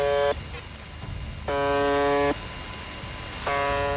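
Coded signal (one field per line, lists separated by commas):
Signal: channel marker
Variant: UVB-76 (The Buzzer)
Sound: harsh low buzz bursts just under a second long, repeating every two seconds, over hiss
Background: radio static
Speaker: 라디오에서 끊임없이 들려오는 의문의 버음.이 음.이 >> 소리는 1분에 약 25번씩 24시간 내내 송출됩니다.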